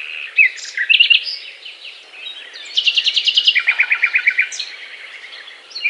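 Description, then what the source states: Nightingale song, scattered sharp whistles, then a fast loud rattle of repeated notes followed by a second, lower run. Song described as a love serenade.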